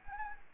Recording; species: mosquito wingbeat signal from an infrared sensor; Anopheles gambiae